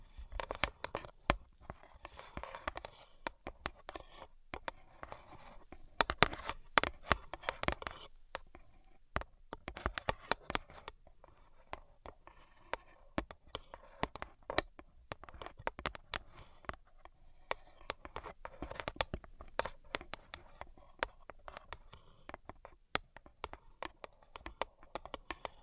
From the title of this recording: Brain Penetrating 3D Tapping